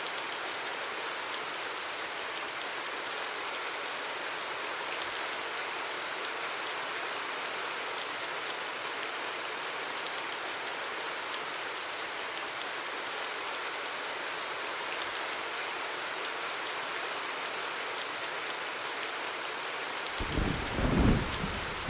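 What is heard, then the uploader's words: Steady, dense rain hisses evenly for most of the recording, bright with fine pattering drops throughout. Near the end, around twenty seconds in, a low rumble of thunder rises briefly and swells the sound before fading. Relaxing Rain and Thunder Sounds. Jungle nature.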